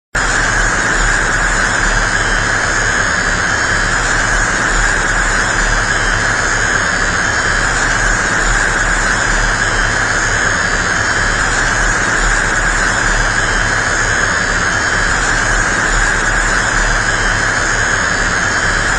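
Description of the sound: A loud, unbroken electric hiss-buzz runs for all 19 seconds with no rhythm or pauses, centered on a bright midrange whine with faint high tones above. This is a simulation of tinnitus of the 'electric tone' type, a constant internal noise.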